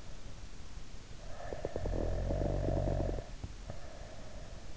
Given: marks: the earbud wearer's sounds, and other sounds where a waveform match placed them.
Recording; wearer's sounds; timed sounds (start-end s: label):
sounds in sleep by an in-ear microphone; snoring breath
1.30-4.77 s: snoring breath